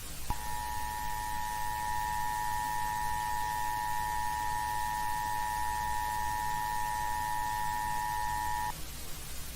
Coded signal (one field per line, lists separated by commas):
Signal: Emergency Alert System (SAME) tones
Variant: 853 and 960 Hz attention tone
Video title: [EAS Scenario] The shaking earth